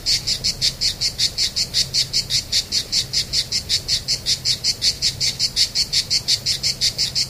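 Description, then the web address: Cicada song of even, buzzy high-pitched pulses repeating rapidly without pause, with a quiet low hum beneath. Recorded on 3 September 2009, starting at 07:29 in the morning. "cigales Enregistrement Cigales enregistrement"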